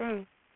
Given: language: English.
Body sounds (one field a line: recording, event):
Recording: throat vibration sensor signal played as sound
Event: speech